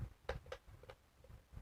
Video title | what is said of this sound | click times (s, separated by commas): #10 Dutch Re-Pour Clock Pt. 2 | Take your hour hand and then just press it, wiggle it until it snaps in place. | 0.3 s